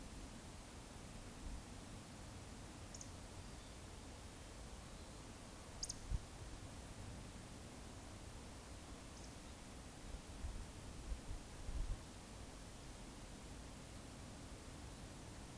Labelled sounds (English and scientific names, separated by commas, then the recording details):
Eurasian Woodcock (Scolopax rusticola)
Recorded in Baden-Württemberg, Germany, on 19 May 2021 at 19:32 UTC
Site 45967, 814 m above sea level